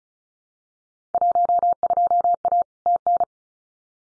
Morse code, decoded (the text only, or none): 12A TN